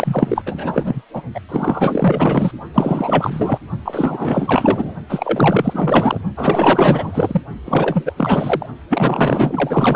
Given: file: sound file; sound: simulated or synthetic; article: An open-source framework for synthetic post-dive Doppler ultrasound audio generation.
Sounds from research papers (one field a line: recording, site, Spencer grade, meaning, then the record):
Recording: Doppler ultrasound audio after a dive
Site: precordial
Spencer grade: 4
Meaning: Maximum detectable bubble signal sounding continuously throughout systole and diastole of every cardiac period, and overriding the amplitude of the normal cardiac signals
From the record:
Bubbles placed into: partial cardiac cycles